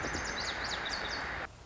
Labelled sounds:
Lazuli Bunting (Passerina amoena)
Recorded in Sonoma County, California

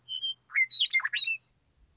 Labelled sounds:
Western Meadowlark (Sturnella neglecta)
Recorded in Sonoma County, California

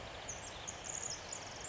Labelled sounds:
Pacific Wren (Troglodytes pacificus)
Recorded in Sonoma County, California

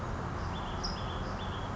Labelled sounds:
California Towhee (Melozone crissalis)
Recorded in Sonoma County, California

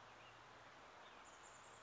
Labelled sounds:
Chestnut-backed Chickadee (Poecile rufescens)
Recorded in Sonoma County, California

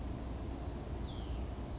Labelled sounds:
Hutton's Vireo (Vireo huttoni)
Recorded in Sonoma County, California

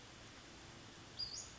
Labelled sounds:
Western Flycatcher (Empidonax difficilis)
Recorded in Sonoma County, California

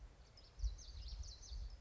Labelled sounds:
Common Yellowthroat (Geothlypis trichas)
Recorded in Sonoma County, California

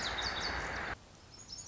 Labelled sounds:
Lazuli Bunting (Passerina amoena)
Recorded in Sonoma County, California

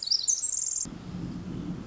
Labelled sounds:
Pacific Wren (Troglodytes pacificus)
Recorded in Sonoma County, California

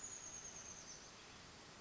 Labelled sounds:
Chestnut-backed Chickadee (Poecile rufescens)
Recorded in Sonoma County, California

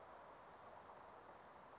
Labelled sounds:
Western Flycatcher (Empidonax difficilis)
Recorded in Sonoma County, California

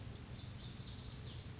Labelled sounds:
Lazuli Bunting (Passerina amoena)
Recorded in Sonoma County, California

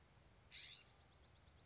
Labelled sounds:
California Scrub-Jay (Aphelocoma californica)
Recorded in Sonoma County, California

